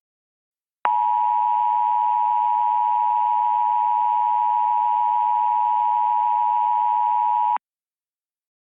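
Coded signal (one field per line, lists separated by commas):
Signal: Emergency Alert System (SAME) tones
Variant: 853 and 960 Hz attention tone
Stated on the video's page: Simulated mock EAS Flash Flood Warning for Illinois, using ScanSoft Tom text-to-speech voice.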